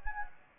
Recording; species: mosquito wingbeat signal from an infrared sensor; Anopheles gambiae